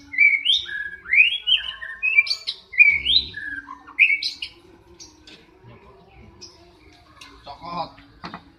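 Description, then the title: Oriental magpie-robin song: rich whistled phrases, rising and falling, delivered rapidly over the first four seconds, then fading to quieter notes, with a steady low hum beneath. "kacer"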